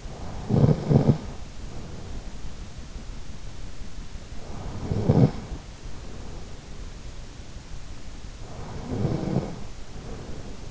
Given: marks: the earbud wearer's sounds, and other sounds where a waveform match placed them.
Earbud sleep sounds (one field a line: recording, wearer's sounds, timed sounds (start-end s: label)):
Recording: sounds in sleep by an in-ear microphone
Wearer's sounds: snoring breath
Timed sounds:
0.00-2.73 s: snoring breath
4.25-6.98 s: snoring breath
8.37-10.71 s: snoring breath